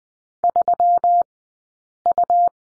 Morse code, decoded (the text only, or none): 3U